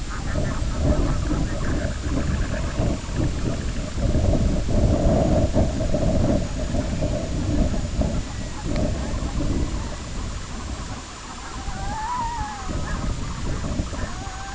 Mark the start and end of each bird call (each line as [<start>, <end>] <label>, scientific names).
[0.03, 2.00] Somateria spectabilis
[2.05, 4.22] Calidris alba
[9.03, 14.52] Calidris alba
[11.65, 12.73] Gavia stellata
[14.04, 14.55] Gavia stellata